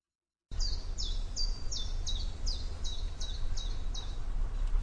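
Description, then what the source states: Bird calls, a steady series of sharp high descending chirps, over a low steady rumble of background noise. Lakeside bird noise in Berlin.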